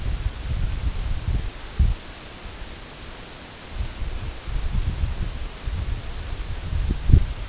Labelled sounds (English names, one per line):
Canada Goose